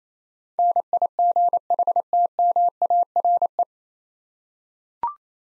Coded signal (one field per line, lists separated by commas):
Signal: Morse code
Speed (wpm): 27 wpm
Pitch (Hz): 700 Hz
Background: none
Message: NIGHTMARE